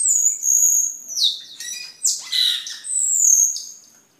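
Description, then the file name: Camperling song: long high whistled notes with sliding slurs and short scratchy bursts, pausing briefly between phrases, then a final sustained high whistle fading out. "camperling omkicau"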